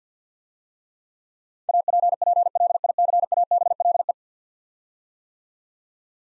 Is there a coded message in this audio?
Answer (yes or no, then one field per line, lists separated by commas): yes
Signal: Morse code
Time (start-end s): 1.7-4.1 s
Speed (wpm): 48 wpm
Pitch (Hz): 700 Hz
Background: none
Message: APPLICABLE